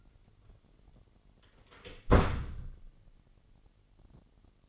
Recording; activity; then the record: daily activity, microphone in the room; close door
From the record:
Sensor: 4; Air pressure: 999.2 hPa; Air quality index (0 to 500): 114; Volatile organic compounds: 2 ppm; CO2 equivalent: 1127 ppm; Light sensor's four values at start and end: 11/28/11/12 and 12/30/12/13